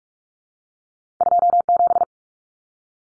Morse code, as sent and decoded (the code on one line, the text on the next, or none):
..--- --...
27